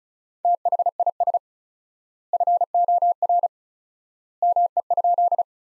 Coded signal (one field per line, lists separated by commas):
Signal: Morse code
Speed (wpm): 36 wpm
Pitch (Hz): 700 Hz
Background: none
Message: THIS FOR ME?